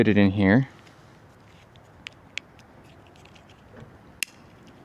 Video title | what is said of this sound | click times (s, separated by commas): Installing InvisiLights WITHOUT Track on EXTENDED FASCIA | And just like that, you get it clipped in. | 4.2 s